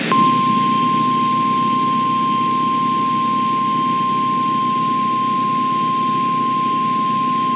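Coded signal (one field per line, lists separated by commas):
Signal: Emergency Alert System (SAME) tones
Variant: 1050 Hz attention tone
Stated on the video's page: Real storm EAS alerts.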